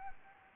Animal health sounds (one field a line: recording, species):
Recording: mosquito wingbeat signal from an infrared sensor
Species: Anopheles gambiae